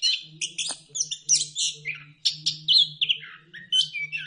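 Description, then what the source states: Bird song made of dense, scratchy warbles and high chirps, loud and continuous, with a steady low hum underneath. Bird chirping song played for training and mastering pet birds.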